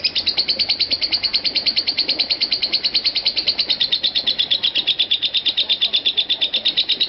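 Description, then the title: Lovebird delivering a continuous, buzzy high chatter of quick repeated notes in a steady, even rhythm throughout. "Lovebird Konslet"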